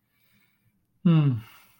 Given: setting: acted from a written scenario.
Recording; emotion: vocal sound without words; adoration